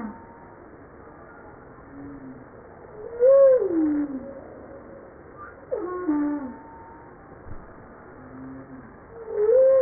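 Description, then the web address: Humpback whale song units: a few tonal calls with stacked harmonics, each sweeping up and then gliding down, with softer low tones between them, over quiet underwater hiss. "pub JASA 2013 Blue Bowhead Fin Humpback Southern Right Whale humpback"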